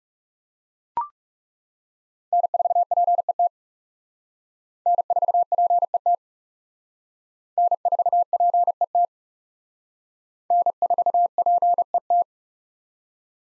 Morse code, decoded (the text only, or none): N4PET N4PET N4PET N4PET